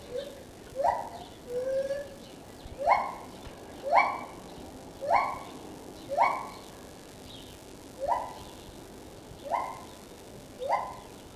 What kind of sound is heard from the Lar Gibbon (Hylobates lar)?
call